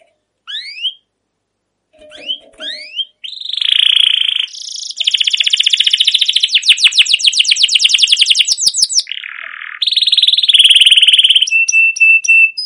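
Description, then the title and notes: Canary song opening with scattered rising chirps, building into a long fast rattling trill, then buzzy low phrases and repeated short high tones. Long continuous canary chirping used as a lure to stimulate young canaries to sing and learn song. "CUIT CUIT NGEROL LANGSUNG GACOR PANJANG Kenari Ini Utk Pancingan KENARI PAUD BELAJAR BUNYI. burung kenari"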